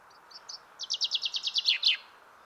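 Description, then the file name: Common chaffinch song: a few soft high notes, then a fast run of bright, repeated chirps, slightly descending and ending in a short flourish. "Fringilla coelebs"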